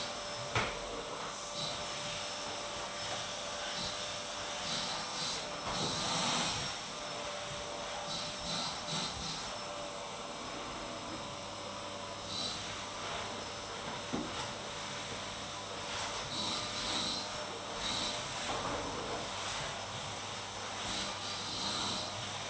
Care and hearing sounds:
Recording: daily activity, microphone in the room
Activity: vacuum cleaning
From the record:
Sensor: 3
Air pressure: 988.7 hPa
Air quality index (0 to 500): 201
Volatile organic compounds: 372 ppm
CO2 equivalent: 4624 ppm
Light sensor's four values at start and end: 22/70/29/25 and 22/71/30/25

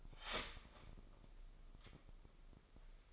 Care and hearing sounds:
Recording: daily activity, microphone in the room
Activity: start toaster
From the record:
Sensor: 5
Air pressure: 995.4 hPa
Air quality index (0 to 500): 104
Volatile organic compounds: 7 ppm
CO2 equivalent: 1998 ppm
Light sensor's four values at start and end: 35/83/34/34 and 35/83/33/34

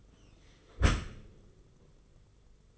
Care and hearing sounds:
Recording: daily activity, microphone in the room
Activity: close dishwasher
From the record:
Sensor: 4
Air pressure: 991.3 hPa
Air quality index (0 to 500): 160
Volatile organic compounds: 138 ppm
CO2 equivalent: 3967 ppm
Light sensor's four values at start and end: 22/74/27/28 and 22/74/27/28

